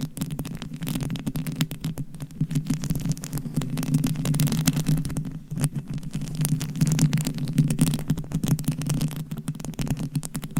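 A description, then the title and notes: Dense scratching and tapping on a homemade mic cover runs the full eleven seconds, a rapid crackle of sharp clicks with no pauses. Under it sits a steady low hum that swells slightly around four and seven seconds, briefly thinning near five and a half seconds. ASMR Mic Scratching & Tapping on DIY Mic Cover. Asmr No Talking.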